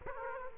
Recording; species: mosquito wingbeat signal from an infrared sensor; Aedes aegypti